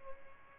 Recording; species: mosquito wingbeat signal from an infrared sensor; Aedes albopictus